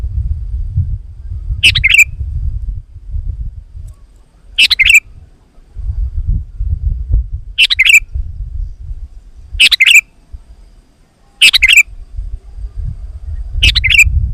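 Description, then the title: Sooty-headed bulbul phrases, short and liquid, repeated every two to three seconds over constant low rumble. "kutilang"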